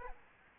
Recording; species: mosquito wingbeat signal from an infrared sensor; Aedes albopictus